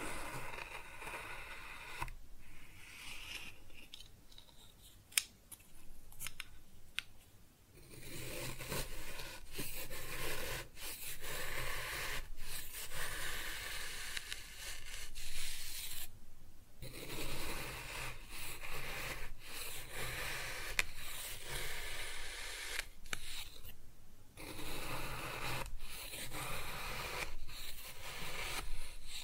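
Kinetic sand is cut and scooped with soft, grainy scraping and crunching that runs almost without pause for the whole half minute. Sharp crisp clicks and snips punctuate it, including a distinct tap near five seconds, with brief quieter gaps around 16 and 24 seconds.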